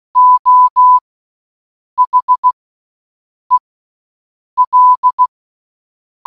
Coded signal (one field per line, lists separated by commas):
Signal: Morse code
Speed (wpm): 16 wpm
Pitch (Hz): 1000 Hz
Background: none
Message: O HEL